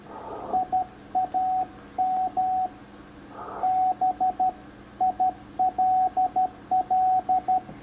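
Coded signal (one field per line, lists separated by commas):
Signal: Morse code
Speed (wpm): 13 wpm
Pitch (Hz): 750 Hz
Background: radio noise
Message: I AM BILL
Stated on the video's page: Morse youth outreach presentation; the ending high-speed message was sent inaccurately and ended in gibberish.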